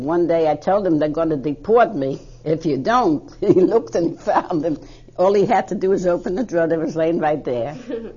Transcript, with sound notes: One day I told him they're gonna deport me if you don't. ( she laughs ) He looked and found them. All he had to do was open the drawer. They was laying right there.